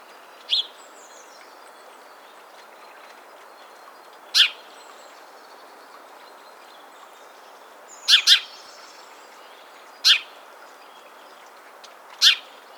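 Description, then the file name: House sparrow giving short, sharp chirps, mostly single with one doubled, spaced roughly every two to four seconds against low background noise. "Passer domesticus"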